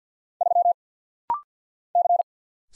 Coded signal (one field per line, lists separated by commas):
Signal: Morse code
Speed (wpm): 49 wpm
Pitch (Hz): 700 Hz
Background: none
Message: 3 C